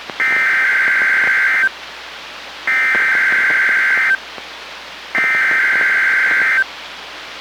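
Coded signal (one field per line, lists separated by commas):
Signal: Emergency Alert System (SAME) tones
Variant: header bursts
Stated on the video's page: NOAA Weather Radio Required Weekly Test relayed by a backup weather radio station, received on a Midland WR-120EZ weather radio.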